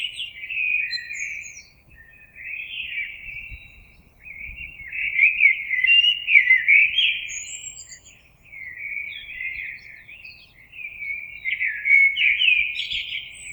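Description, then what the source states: Common blackbird song in a run of mellow, melodious warbling phrases with brief gaps, spiced with occasional high, thin notes. Recorded on 26 April 2022.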